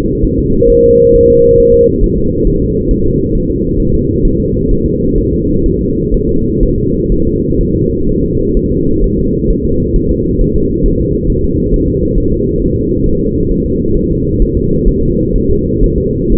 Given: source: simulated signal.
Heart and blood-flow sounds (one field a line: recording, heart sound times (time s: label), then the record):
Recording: fetal heart sounds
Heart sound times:
0.25 s: S1
0.39 s: S2
0.70 s: S1
0.85 s: S2
1.15 s: S1
1.30 s: S2
1.60 s: S1
1.74 s: S2
2.04 s: S1
2.18 s: S2
2.47 s: S1
2.62 s: S2
2.91 s: S1
3.06 s: S2
3.35 s: S1
3.50 s: S2
3.80 s: S1
3.94 s: S2
4.25 s: S1
4.40 s: S2
4.71 s: S1
4.86 s: S2
5.18 s: S1
5.33 s: S2
5.66 s: S1
5.81 s: S2
6.14 s: S1
6.29 s: S2
6.63 s: S1
6.78 s: S2
7.12 s: S1
7.27 s: S2
7.61 s: S1
7.76 s: S2
8.09 s: S1
8.24 s: S2
8.57 s: S1
8.72 s: S2
9.04 s: S1
9.19 s: S2
9.51 s: S1
9.65 s: S2
9.96 s: S1
10.11 s: S2
10.41 s: S1
10.56 s: S2
10.86 s: S1
11.01 s: S2
11.30 s: S1
11.45 s: S2
11.74 s: S1
11.88 s: S2
12.18 s: S1
12.32 s: S2
12.62 s: S1
12.77 s: S2
13.07 s: S1
13.21 s: S2
13.51 s: S1
13.66 s: S2
13.97 s: S1
14.11 s: S2
14.42 s: S1
14.57 s: S2
14.89 s: S1
15.03 s: S2
15.36 s: S1
15.50 s: S2
15.84 s: S1
15.98 s: S2
16.32 s: S1
From the record:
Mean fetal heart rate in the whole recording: 130 bpm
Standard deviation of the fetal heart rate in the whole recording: 4 bpm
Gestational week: 38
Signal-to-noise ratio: -15.3 dB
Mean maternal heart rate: 72 bpm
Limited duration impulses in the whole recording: present